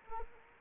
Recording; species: mosquito wingbeat signal from an infrared sensor; Anopheles arabiensis